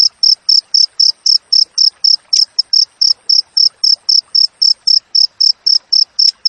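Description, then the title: Cricket giving brisk, high-pitched chirps in an even rhythm, close to four per second, each pulse short and ringing. Clear natural cricket chirping with tightly spaced chirps, used for training songbirds and for repelling rats. "Masteran Jangkrik Alam Jernih, Jeda Rapat Cocok Untuk Masteran Burung Dan Mengusir Tikus"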